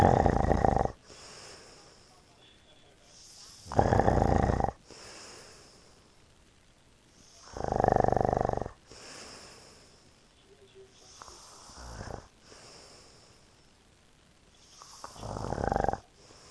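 A man snoring in his sleep: loud, rumbling snores about every 3.5 seconds, roughly 17 a minute, with quiet exhalations between them.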